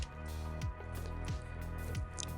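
A PCIe power cable plug is pushed with some pressure into the graphics card's socket, with music playing underneath. The plastic latch clicks at 2.2 s, and the connector is seated.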